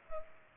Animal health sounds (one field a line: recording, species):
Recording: mosquito wingbeat signal from an infrared sensor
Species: Culex pipiens